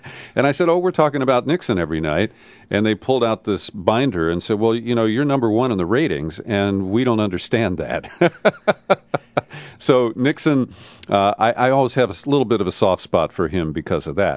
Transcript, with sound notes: And I said, ‘Oh we’re talking about Nixon every night,’ and they pulled out this binder and said, “Well, you are number one in the ratings and we don’t understand that.” (laughs) So I always have a little bit of a soft spot for Nixon because of that.